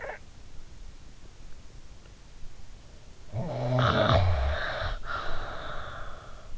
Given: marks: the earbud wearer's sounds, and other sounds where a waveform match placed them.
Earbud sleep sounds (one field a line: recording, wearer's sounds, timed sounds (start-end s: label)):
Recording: sounds in sleep by an in-ear microphone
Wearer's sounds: breath, snoring breath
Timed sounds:
0.00-0.22 s: breath
3.36-6.49 s: snoring breath